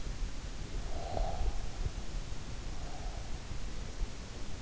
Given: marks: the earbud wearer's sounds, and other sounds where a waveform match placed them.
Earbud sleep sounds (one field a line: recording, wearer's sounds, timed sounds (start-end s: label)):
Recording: sounds in sleep by an in-ear microphone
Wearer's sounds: breath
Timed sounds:
0.52-3.17 s: breath